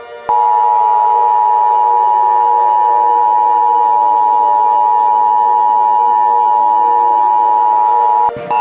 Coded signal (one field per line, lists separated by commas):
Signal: Emergency Alert System (SAME) tones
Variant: 853 and 960 Hz attention tone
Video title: EAS Scenario - Moose and Zee and the NOGGIN Invasion